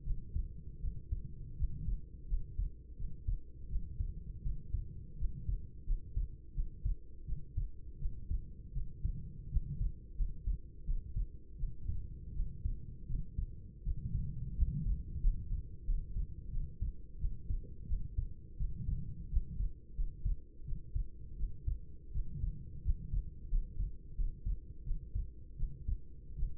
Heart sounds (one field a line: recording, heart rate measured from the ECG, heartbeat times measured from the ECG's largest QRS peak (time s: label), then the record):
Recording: heart sounds by stethoscope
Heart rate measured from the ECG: 84 bpm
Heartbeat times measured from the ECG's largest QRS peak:
0.02 s: heartbeat
0.79 s: heartbeat
1.55 s: heartbeat
2.27 s: heartbeat
2.95 s: heartbeat
3.67 s: heartbeat
4.41 s: heartbeat
5.16 s: heartbeat
5.84 s: heartbeat
6.53 s: heartbeat
7.24 s: heartbeat
7.97 s: heartbeat
8.72 s: heartbeat
9.48 s: heartbeat
10.15 s: heartbeat
10.83 s: heartbeat
11.55 s: heartbeat
12.32 s: heartbeat
13.05 s: heartbeat
13.82 s: heartbeat
14.53 s: heartbeat
15.20 s: heartbeat
15.84 s: heartbeat
16.49 s: heartbeat
17.17 s: heartbeat
17.85 s: heartbeat
18.56 s: heartbeat
19.28 s: heartbeat
19.94 s: heartbeat
20.63 s: heartbeat
21.35 s: heartbeat
22.11 s: heartbeat
22.81 s: heartbeat
23.48 s: heartbeat
24.14 s: heartbeat
24.82 s: heartbeat
25.55 s: heartbeat
26.35 s: heartbeat
From the record:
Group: healthy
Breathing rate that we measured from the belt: 14 breaths a minute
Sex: female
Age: 26 years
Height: 165 cm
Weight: 55 kg